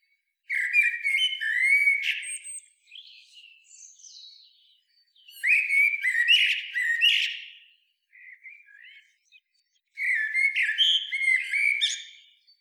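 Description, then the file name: Common blackbird song in three phrases, each a mellow whistled warble breaking into high squeaky flourishes, with brief softer notes in the gaps. "Turdus merula"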